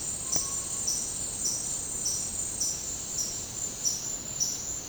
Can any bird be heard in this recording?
no